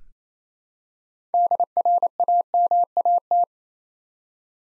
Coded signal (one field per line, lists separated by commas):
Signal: Morse code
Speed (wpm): 28 wpm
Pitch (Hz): 700 Hz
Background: none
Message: DRAMAT